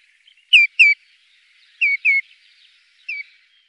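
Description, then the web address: Common greenshank call: clear, ringing, downslurred notes given in pairs, two pairs then a single note, with quiet gaps between. "Faglar Sound Gluttsnappa"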